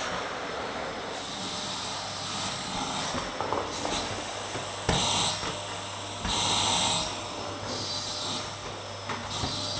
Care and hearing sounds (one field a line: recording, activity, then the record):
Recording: daily activity, microphone in the room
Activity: vacuum cleaning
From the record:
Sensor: 3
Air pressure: 995.2 hPa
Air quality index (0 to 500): 68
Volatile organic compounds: 4 ppm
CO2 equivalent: 1538 ppm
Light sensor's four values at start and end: 18/53/22/19 and 18/52/22/19